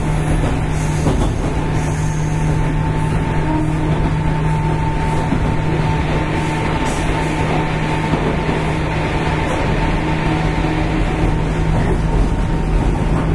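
A local electric train runs steadily, its dense low rumble joined by a constant motor hum and faint high whine throughout, with no breaks.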